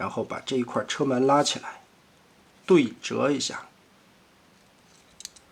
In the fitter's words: 卷到肩膀上，这一块扣子扣上。